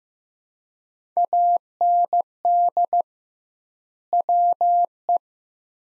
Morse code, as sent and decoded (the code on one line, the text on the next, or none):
.- -. -.. / .-- .
AND WE